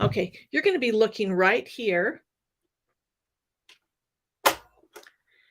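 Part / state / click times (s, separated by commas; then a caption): air-threading tubes inside a serger / seated / 4.5 s. Someone talks, and then the air-threading tubes inside a serger engage and lock into place with a sharp click at 4.5 s. A few fainter ticks follow just before 5.0 s, and the tubes are seated.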